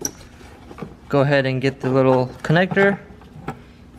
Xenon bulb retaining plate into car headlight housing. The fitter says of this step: so want to turn it until it clicks in make sure it's secure